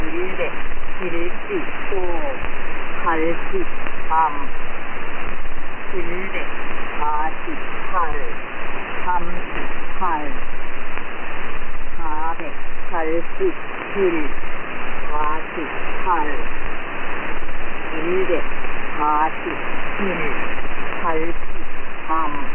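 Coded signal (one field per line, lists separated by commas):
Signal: numbers station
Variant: V24, Korean language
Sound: a voice reading numbers over a noisy, band-limited shortwave channel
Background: radio static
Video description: Korean language numbers station V24 with a new voice on 6215 kHz, transmitted in AM mode.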